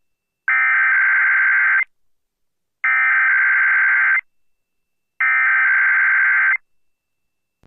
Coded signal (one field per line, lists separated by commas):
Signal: Emergency Alert System (SAME) tones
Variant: header bursts